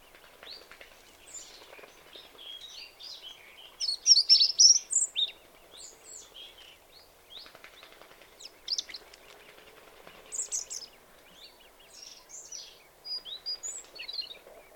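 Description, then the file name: European robin delivering scattered sweet, high, tumbling phrases and short trills separated by brief silences, with a faint background hum. "Erithacus rubecula"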